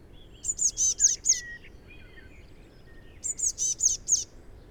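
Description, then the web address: Eurasian blue tit sounding two quick bursts of four to five high notes, with soft lower chirps and whistles between them. "SETE data Cyanistes caeruleus"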